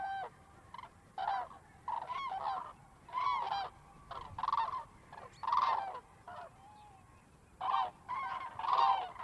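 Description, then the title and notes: Common crane calls in flight, repeated bursts of rolling trumpeting notes separated by short quiet gaps. Cranes in flight at a polder near Bremerhaven, Germany. "Grues en vol - Polder Glies - Bremerhaven, Germany. Flying Cranes - Polder Glies - Bremerhaven, Germany"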